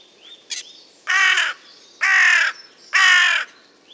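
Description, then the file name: Carrion crow calling three rasping caws spaced roughly a second apart, with a brief note before them and light bird chirps between. "Corvus corone"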